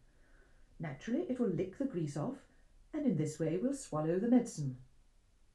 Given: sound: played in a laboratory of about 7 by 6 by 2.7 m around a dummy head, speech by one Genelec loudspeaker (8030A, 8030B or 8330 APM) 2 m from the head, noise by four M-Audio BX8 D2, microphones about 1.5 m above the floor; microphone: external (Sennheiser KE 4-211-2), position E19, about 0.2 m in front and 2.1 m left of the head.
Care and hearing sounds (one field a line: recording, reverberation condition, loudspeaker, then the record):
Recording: female speech in English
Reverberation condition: low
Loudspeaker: 120 degrees to the left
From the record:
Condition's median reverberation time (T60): about 310 ms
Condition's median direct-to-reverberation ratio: about 3.5 dB